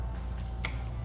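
A wiring harness connector is slid onto a replacement intake camshaft position sensor on a 2021-2025 Nissan Rogue 1.5L Turbo, fitted after the old camshaft position sensors went bad. Over a steady low hum, a single sharp, bright click sounds at 0.7 s as the connector seats firmly in place.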